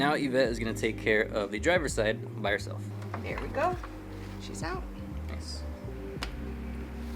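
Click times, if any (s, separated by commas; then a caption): 6.2 s. During a driver's-side LED headlight bulb swap on a Subaru Impreza, the plastic wiring connector is pushed onto the LED bulb for the car's headlight housing while someone talks over background music. A sharp click at 6.2 s marks the connector snapping home, seated on the bulb.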